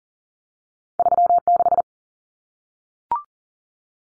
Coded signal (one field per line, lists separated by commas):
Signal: Morse code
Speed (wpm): 40 wpm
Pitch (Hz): 700 Hz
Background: none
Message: 36